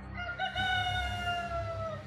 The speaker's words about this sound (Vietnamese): Tôi không sao ngủ được nữa, chỉ đành ngồi dựa lưng vào tường, chờ tiếng gà trống gáy và tiếng chim hót líu lo bên ngoài báo hiệu trời sáng.